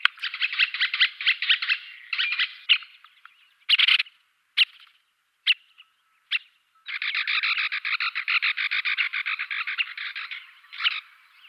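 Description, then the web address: Syrian woodpecker gives harsh, buzzy chattering rattles in long runs, broken by a few isolated sharp notes before a sustained rattle resumes. "Schulze Peter Syrian Woodpecker calls"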